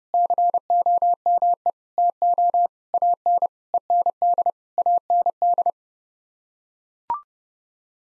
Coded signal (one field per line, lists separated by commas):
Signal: Morse code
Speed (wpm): 30 wpm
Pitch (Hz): 700 Hz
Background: none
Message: COME TO AN END AND